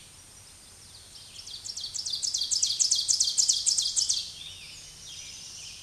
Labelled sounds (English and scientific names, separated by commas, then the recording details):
Ovenbird (Seiurus aurocapilla) song
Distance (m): 15 m
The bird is about 5 m above the microphone
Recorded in a Pennsylvania forest on 16 May 2024 at 06:33
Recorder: AudioMoth, point MSD-2083
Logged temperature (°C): 16.7 °C
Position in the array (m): 135 m, 5 m